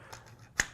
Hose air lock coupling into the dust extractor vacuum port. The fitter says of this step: it in one one click and it's locked into place again